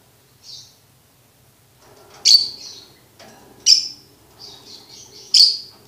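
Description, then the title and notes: Lovebird chirps: a soft note, then three loud shrill squeaks about one and a half seconds apart, with quieter twittering in between. Training recording for birds to learn ngekek. "MASTERAN BURUNG 2. Belajar Ngekek. lofbet"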